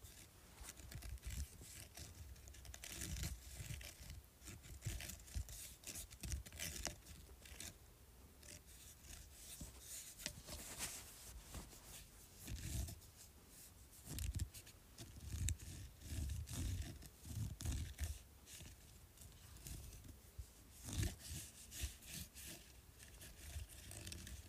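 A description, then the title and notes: Scratching on a bumpy surface, a dense, irregular rasping of quick strokes with bright scraping texture and low thumps recurring throughout. Scratching Bumpy Surface.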